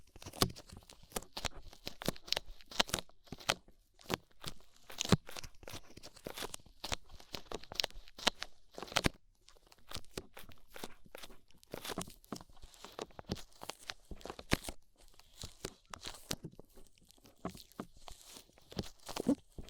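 Ear cleaning with rhinestones and clay being removed: a dense run of sharp crackles, crunches and little tearing snaps across the full twenty seconds. The clicks come irregularly, often in quick clusters, bright and crisp, with brief near-silent gaps between bursts.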